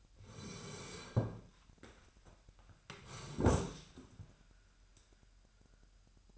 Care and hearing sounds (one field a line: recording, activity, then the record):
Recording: daily activity, microphone in the room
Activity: sit down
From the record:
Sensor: 2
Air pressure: 998.4 hPa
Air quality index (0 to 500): 128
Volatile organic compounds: 3 ppm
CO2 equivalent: 1446 ppm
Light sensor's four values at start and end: 6/13/5/6 and 6/16/6/7